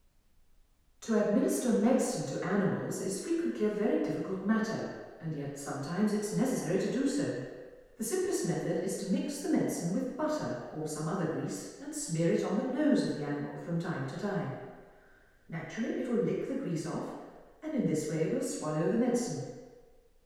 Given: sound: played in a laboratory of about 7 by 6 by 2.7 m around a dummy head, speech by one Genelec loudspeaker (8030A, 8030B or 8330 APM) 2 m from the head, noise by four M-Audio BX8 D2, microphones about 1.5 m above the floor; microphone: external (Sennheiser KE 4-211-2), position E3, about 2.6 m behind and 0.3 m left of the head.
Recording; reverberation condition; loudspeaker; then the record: female speech in English; high; 30 degrees to the left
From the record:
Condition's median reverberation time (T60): about 1300 ms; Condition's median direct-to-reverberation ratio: about -4.0 dB